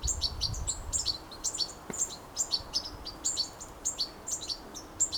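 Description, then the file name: European goldfinch with sharp, high tinkling chirps in quick bursts; a brief low rumble near the start and a single click midway. "Carduelis carduelis"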